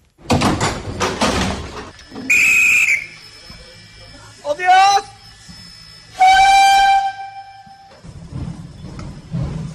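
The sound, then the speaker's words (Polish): The whistle of a historic steam locomotive pulling a retro train with 1920s and 1960s carriages from Nowy Sącz to Krynica-Zdrój, Małopolska, Poland, sounds in several blasts: a short shrill toot, a rising swoop, then a long steady tone, amid clanking, hissing and rumbling mechanical noise. “Zabytkowy skład to lokomotywa parowa i wagony z lat 20. i 60. XX wieku.”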